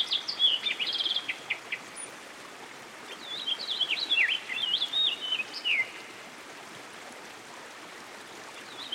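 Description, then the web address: American goldfinch song: bright twittering phrases of quick slurred and rising-falling notes in two bursts, over a steady hiss of running water. By a stream. "Dan Gibson Songbirds By The Stream. American Goldfinch"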